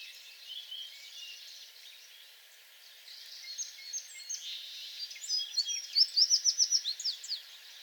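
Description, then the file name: American tree sparrow song near the end: a quick series of high, sweet repeated notes after several seconds of soft twittering and background hiss. Recorded 28 April 2022; several songs. "2022-04-28 American Tree Sparrow songs"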